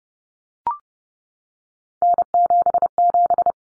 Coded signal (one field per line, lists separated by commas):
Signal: Morse code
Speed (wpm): 30 wpm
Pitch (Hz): 700 Hz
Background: none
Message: N77